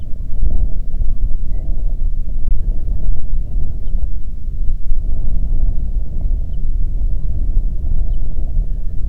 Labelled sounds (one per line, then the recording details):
songbird
waterfowl
wind
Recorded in the Prudhoe Bay oil fields, Alaska, on 8 June 2019 at 04:44
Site 30